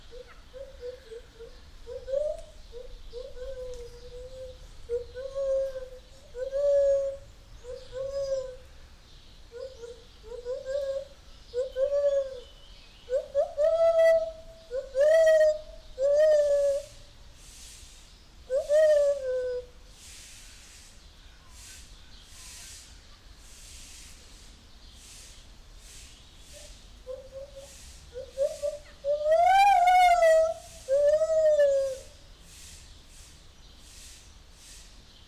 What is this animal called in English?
Lar Gibbon